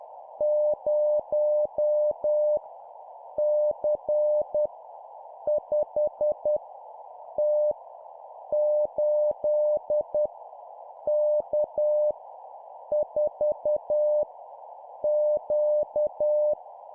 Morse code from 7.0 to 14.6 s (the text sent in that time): T 8 K 4